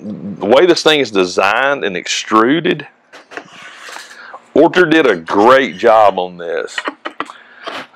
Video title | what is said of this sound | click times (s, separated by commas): The World's First Laser Engraver That Supports iPhone and iPad - ORTUR Laser Master 3 | the other side rail pops into place | 7.2 s